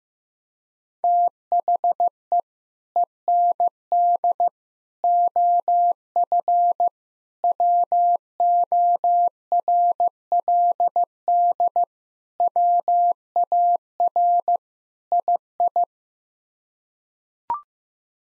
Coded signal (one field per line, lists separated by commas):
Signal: Morse code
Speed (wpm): 15 wpm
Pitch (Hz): 700 Hz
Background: none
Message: THE END OF WORLD WAR II